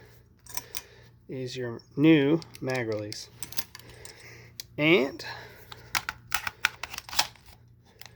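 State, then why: Seated. A metal AR15 magazine is inserted into the adapted magazine well of a Galil (Golani) AR15 magazine adapter, which has a new magazine release, while someone talks. Several sharp metallic handling clicks follow, with the magazine clicking and locking in place at about 6.7 seconds. The magazine is seated.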